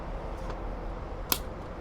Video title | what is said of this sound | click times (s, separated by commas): Moonlence Table Unboxing | There you go. I'm sure you can hear the snapping sound. | 1.3 s